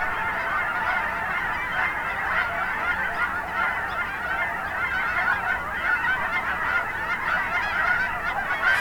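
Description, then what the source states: Goose: geese in a large flock give steady, overlapping honks, a constant clamorous chorus with small surges in loudness. Geese recorded at Finley National Wildlife Refuge, Oregon.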